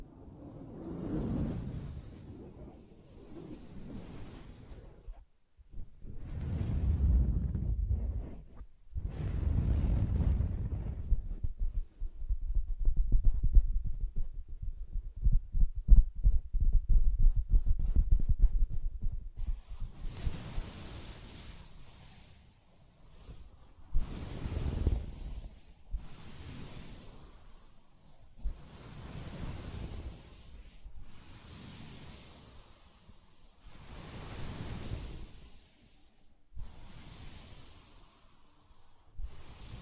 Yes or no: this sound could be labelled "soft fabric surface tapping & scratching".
yes